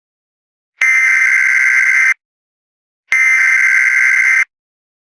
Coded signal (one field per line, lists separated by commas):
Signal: Emergency Alert System (SAME) tones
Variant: header bursts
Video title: EAS Test Scenario 1.2: An Unexpected Crash Part 2